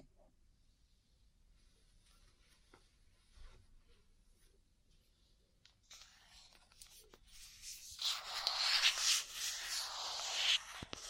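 Ear cleaning and massage sounds: the first six seconds are very quiet, with faint scattered scratches and soft taps. After about six seconds a dense, bright rubbing and rustling begins and grows louder, peaking between eight and ten seconds, with occasional sharp clicks.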